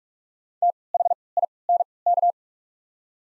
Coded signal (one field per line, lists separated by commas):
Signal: Morse code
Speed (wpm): 43 wpm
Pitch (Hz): 700 Hz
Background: none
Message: T H I N K